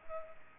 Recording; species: mosquito wingbeat signal from an infrared sensor; Culex pipiens